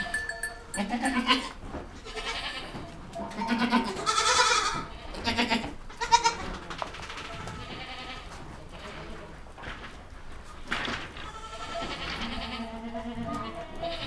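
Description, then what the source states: Several goats giving overlapping bleats of varied pitch, a loud one near four seconds, with knocks and shuffling throughout. Goats recorded in a goat stable.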